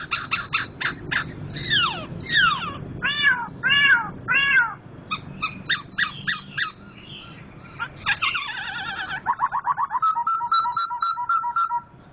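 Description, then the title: Laughingthrush song: quick repeated notes, then arched downslurred phrases, a buzzy trill, and a closing rapid series of short notes. Bird named Gathutkaca; loud song of a national champion contest bird, billed as Sumatran crested form (Poksay Jambul Sumatra), singing vigorously (gacor). "Poksay Jambul Sumatra Suara Keras Juara Nasional. Poksay Hongkong gacor mantab (Gathutkaca)"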